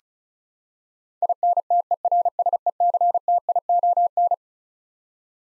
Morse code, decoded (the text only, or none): INTERSECTION